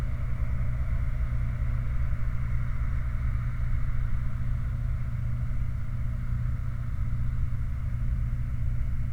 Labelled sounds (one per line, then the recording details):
machinery
flare stack
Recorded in the Prudhoe Bay oil fields, Alaska, on 29 July 2019 at 04:18
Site 29